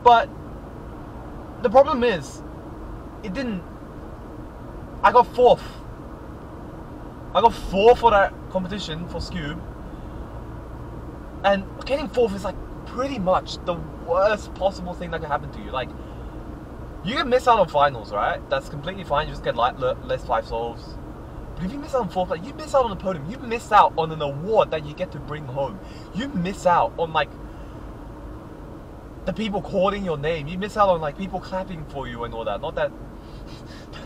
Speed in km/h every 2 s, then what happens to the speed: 62, 65, 64, 64, 64, 63, 63, 63, 62, 63, 62, 63, 62, 60, 58, 56, 54.
0-23 steady at about 63. 23-34 slows to 54.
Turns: none.